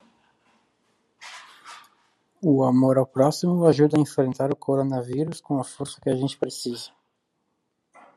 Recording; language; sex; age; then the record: spoken sentence; Brazilian Portuguese; male; 20 to 29 years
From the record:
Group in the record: control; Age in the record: 26 years